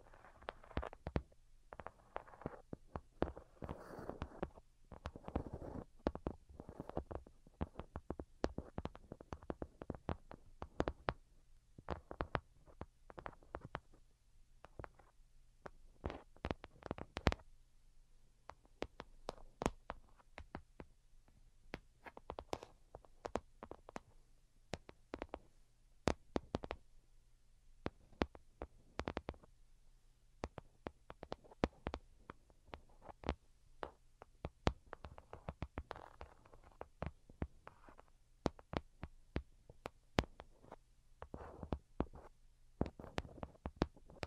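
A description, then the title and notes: Delicate tapping runs throughout, a dense, irregular patter of quick, light clicks and knocks with brief clustered bursts. Softer, muffled taps fill the gaps, and a faint low hum sits steadily underneath the whole recording. Most Delicate and Calming Tapping. (No Talking).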